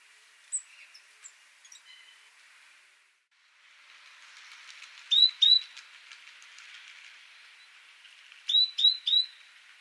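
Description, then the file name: Great tit song: clear whistled notes, one pair at five seconds, then a three-note run near nine seconds, over a soft hiss. "Parus major"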